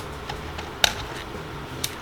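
The detachable front faceplate is taken off an aftermarket car radio head unit that has just been installed in its kit, to check that the face comes off. A sharp, bright click at 0.8 s stands out over a low background hum, with a faint tick around 0.3 s and another light tap near 1.8 s. The faceplate releases as it should.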